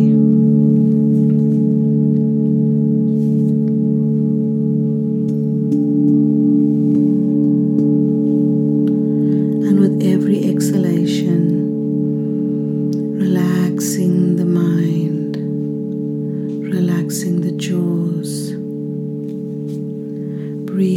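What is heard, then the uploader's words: Ancient singing bowls hum in a steady, layered drone, their low and middle tones sustained evenly for the full length. From about ten seconds on, brief bursts of a voice break in over the ringing, returning near fourteen and again around seventeen seconds. The sound from the ancient singing bowls.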